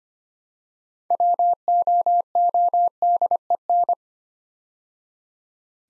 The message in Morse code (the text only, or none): WOODEN